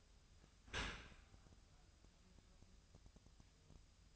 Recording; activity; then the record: daily activity, microphone in the room; open dishwasher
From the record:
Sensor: 2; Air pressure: 1004.5 hPa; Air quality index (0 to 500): 110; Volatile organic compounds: 3 ppm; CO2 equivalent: 1326 ppm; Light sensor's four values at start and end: 6/15/6/6 and 6/15/6/6